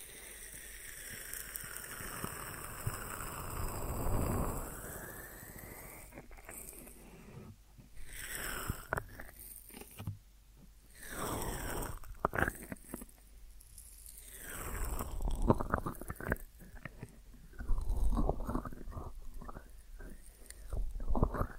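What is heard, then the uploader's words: Deep ear massage sounds: muffled rubbing and soft scraping that swell and fade in slow waves, with a thick low rumble underneath. Brighter bursts of crinkly friction come around 4, 10 and 15 seconds, and the last few seconds turn into quicker, choppier strokes. ASMR Deep Ear Massage for Sleep(No Talking).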